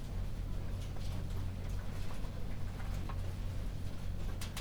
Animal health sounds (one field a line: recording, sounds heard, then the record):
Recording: poultry house recording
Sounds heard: no chicken sound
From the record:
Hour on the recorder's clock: 0